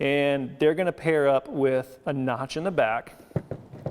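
Someone talks while a half-size plastic storage box is lined up so the fold-down latches on top of a full-size stacking box pair with a notch in its back. Brief faint handling knocks are heard near 3.4, 3.5 and 3.9 seconds. Nothing has seated or clicked yet.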